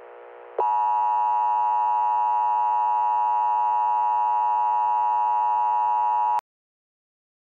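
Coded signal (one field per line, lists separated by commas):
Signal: Emergency Alert System (SAME) tones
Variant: 853 and 960 Hz attention tone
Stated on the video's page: Fictional EAS scenario of a New Year attack.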